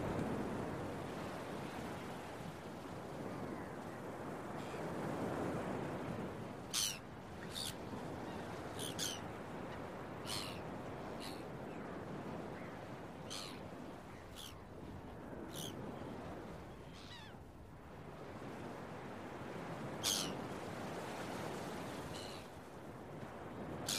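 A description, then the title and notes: Seagulls call over steady beach waves, the surf a continuous low wash that swells and eases without breaking pattern. Sharp, bright gull cries cut through repeatedly, clustered between about seven and fifteen seconds, with a few more later on. Early Morning Seagulls and Beach Waves.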